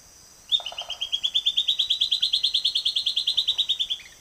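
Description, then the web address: Silvered antbird song, a rapid even series of many sharp high chipping notes, slightly rising then holding steady before a few drooping final notes, over light hiss. Eastern lowlands of South America. "Natures Songs S America Eastern Lowlands. Sclateria naevia, song"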